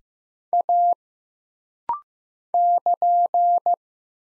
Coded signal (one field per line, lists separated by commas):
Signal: Morse code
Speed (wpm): 15 wpm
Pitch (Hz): 700 Hz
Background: none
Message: A <KN>